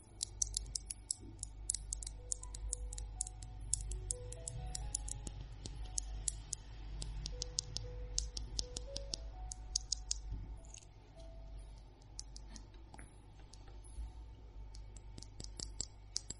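Long fingernails tap on objects in a busy, uneven stream of sharp, bright clicks that runs the whole clip. It is densest early on and again near ten seconds. Brief mid-pitched ringing notes step up and down underneath, over a steady low hum.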